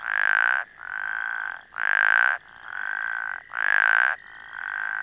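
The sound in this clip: Plains spadefoot calls: loud, nasal, buzzy croaks about half a second long, alternating with softer answering croaks from another frog, so the calls follow each other almost without pause.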